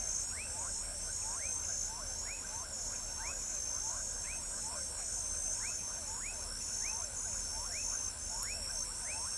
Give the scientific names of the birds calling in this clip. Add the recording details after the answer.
none. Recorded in pastures near Pivijay, Magdalena, Colombia, on 1 June 2023 at 21:00. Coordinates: 10.456, -74.369. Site P6-G026